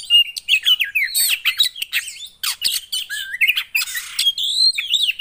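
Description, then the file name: Oriental magpie-robin song, loud and continuous: rapid varied whistles, sliding notes and harsh scratchy bursts run together for the whole stretch without pause. Kacer song played to provoke a caged kacer, said to make it immediately agitated. "Burung kacer anda langsung emosi dengar ini"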